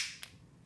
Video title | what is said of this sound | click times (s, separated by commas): How to Remove Back Strap & Magwell for Canik TTI Combat | you're going to push up until you hear a click | 0.2 s